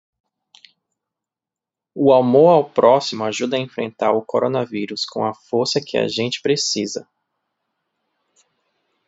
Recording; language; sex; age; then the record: spoken sentence; Brazilian Portuguese; male; 30 to 39 years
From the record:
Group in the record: control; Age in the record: 33 years